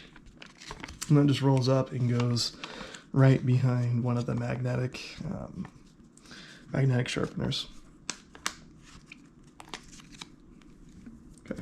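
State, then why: Not seated. A rolled-up strop or sharpening plate is being fitted behind one of the magnetic sharpener plates on a guided field sharpener while someone talks, with soft crinkling, handling rustle and several small sharp ticks, the loudest near 8.1 and 8.5 seconds. Nothing has seated or snapped into the guided knife sharpener body yet.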